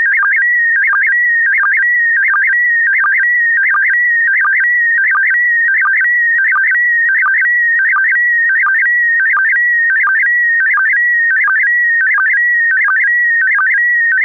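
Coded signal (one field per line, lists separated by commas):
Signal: SSTV (slow-scan television)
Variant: PD90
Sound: steady warbling, chirping tone with a rhythmic click-buzz repeating about every 0.7 seconds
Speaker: Aan het eind van de uitzending hebben we wel SSTV. SSTV met PD90. SSTV met PD90.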